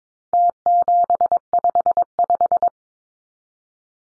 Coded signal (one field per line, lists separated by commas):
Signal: Morse code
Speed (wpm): 22 wpm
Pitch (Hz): 700 Hz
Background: none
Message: T755